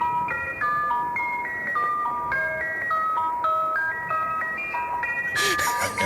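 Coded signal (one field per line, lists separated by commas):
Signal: numbers station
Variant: Swedish Rhapsody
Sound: tinkly music-box melody of steady stepping notes playing a repeating tune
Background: radio static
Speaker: So, this next one is called the Swedish rap city and it is a nightmare and I hate it.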